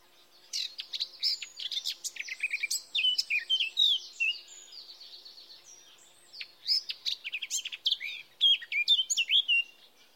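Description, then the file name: Eurasian blackcap song: quick chattering notes swelling into clear, fluty whistled phrases, two bursts with a brief lull between them. "Sylvia atricapilla"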